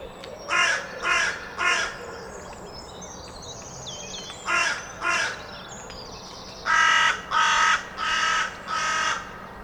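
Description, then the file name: Carrion crow cawing, three harsh caws in quick succession, a pause, two more, then a final run of four louder caws, with small birds twittering in the background. "Corvus corone"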